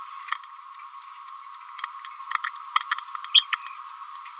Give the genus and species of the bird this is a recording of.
Forpus passerinus